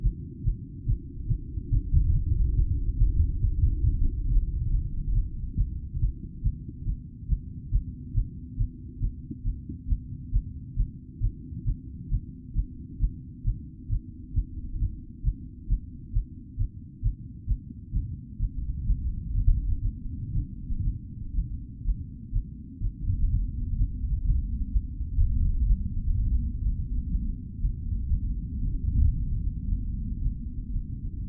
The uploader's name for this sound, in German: Mein Herzschlag nach dem Aufstieg